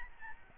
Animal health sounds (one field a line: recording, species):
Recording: mosquito wingbeat signal from an infrared sensor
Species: Aedes albopictus